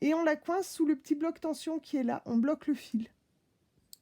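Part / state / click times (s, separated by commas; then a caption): bobbin thread under the tension spring of a sewing machine bobbin case / seated / 3.9 s. Someone talks while pulling the bobbin thread of a sewing machine and wedging it under the small metal tension spring of the bobbin case. After the talking stops, a short, sharp click sounds at 3.9 s. The click shows the thread has seated under the tension spring.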